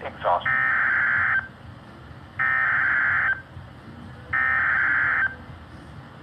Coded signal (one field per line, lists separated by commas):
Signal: Emergency Alert System (SAME) tones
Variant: header bursts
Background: speech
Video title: California Weather is Weird… Labor Day Weekend EAS Alerts. 9/2-4/22.